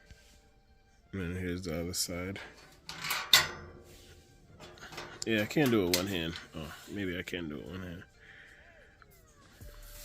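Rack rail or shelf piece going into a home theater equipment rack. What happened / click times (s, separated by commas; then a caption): The rack piece is being handled and has not yet seated / none. Someone talks while fitting the other side of a rack rail or shelf piece into a home theater equipment rack, trying it one-handed. Brief sharp handling noises come through around 2.9 and 3.3 seconds. The piece has not snapped or seated yet by the end of the clip.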